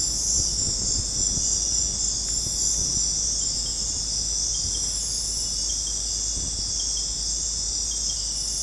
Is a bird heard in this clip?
no